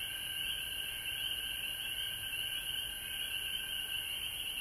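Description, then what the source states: Frog chorus of many high trills blending into one continuous shimmer, with a fainter lower trill running beneath for most. Several frogs recorded at home in Georgia on March 19, 2020.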